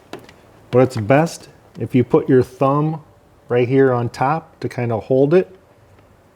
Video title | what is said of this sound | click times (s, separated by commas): 2013-2020 Nissan Pathfinder Headlight Bulb Replacement | and you'll hear it kind of click in place. | 0.1 s